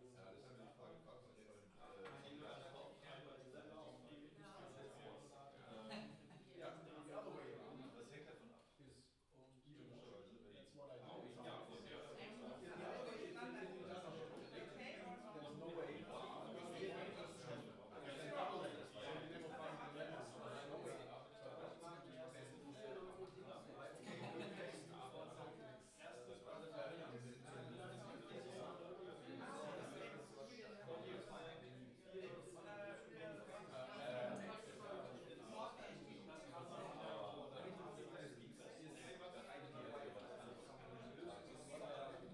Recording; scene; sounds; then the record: everyday scene through a hearing-aid microphone; many people talking; many voices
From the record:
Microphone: in the ear canal, left